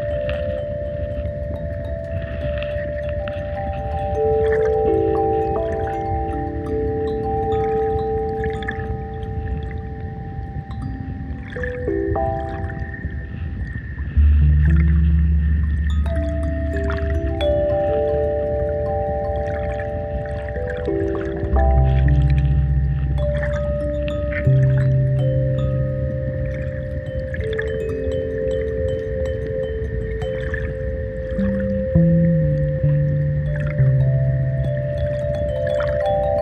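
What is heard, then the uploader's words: Flowing river water runs steadily underneath sustained, ringing tones from kalimba, chimes and a deep plucked bass. Low bass notes swell in around 14 and 22 seconds, while higher pitched tones step up and down throughout, overlapping in a slow, continuous drone. Water, kalimba, tone chimes, water drum and ukebass. River recorded on the banks of the rio Sousa in Portugal, Summer 2023.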